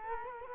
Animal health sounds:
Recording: mosquito wingbeat signal from an infrared sensor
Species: Culex quinquefasciatus

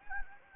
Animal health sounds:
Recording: mosquito wingbeat signal from an infrared sensor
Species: Anopheles gambiae

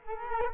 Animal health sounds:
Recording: mosquito wingbeat signal from an infrared sensor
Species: Culex quinquefasciatus

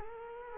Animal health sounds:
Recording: mosquito wingbeat signal from an infrared sensor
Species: Culex quinquefasciatus

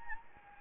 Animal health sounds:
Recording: mosquito wingbeat signal from an infrared sensor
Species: Anopheles gambiae

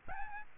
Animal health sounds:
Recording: mosquito wingbeat signal from an infrared sensor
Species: Aedes albopictus

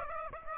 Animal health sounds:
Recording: mosquito wingbeat signal from an infrared sensor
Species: Aedes aegypti

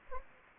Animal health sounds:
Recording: mosquito wingbeat signal from an infrared sensor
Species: Anopheles gambiae

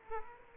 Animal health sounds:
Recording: mosquito wingbeat signal from an infrared sensor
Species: Aedes aegypti

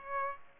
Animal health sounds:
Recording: mosquito wingbeat signal from an infrared sensor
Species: Aedes aegypti

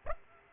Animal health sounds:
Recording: mosquito wingbeat signal from an infrared sensor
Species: Aedes aegypti

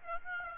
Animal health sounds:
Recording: mosquito wingbeat signal from an infrared sensor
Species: Aedes aegypti

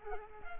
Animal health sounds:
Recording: mosquito wingbeat signal from an infrared sensor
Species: Culex quinquefasciatus

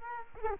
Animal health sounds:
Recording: mosquito wingbeat signal from an infrared sensor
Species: Culex quinquefasciatus

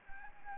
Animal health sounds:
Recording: mosquito wingbeat signal from an infrared sensor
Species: Anopheles gambiae

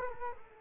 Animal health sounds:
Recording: mosquito wingbeat signal from an infrared sensor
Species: Culex quinquefasciatus

